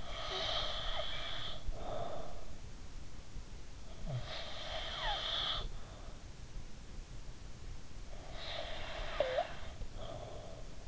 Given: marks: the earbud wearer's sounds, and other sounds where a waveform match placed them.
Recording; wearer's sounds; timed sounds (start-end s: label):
sounds in sleep by an in-ear microphone; snoring breath
0.00-2.69 s: snoring breath
3.96-6.49 s: snoring breath
7.83-10.88 s: snoring breath